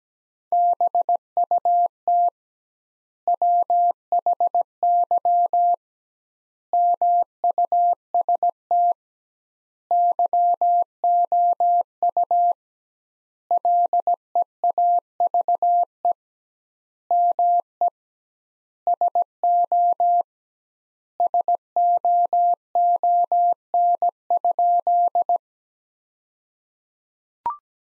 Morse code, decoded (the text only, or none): BUT WHY MUST YOU LEAVE ME SO SOON?